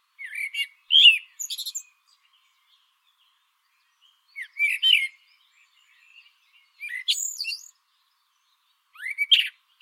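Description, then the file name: Common blackbird delivering several short phrases, each a brief mellow warble broken by sharp high squeaky notes, spaced a couple of seconds apart. "Turdus merula"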